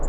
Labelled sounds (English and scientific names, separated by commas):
Hermit Warbler (Setophaga occidentalis) flight call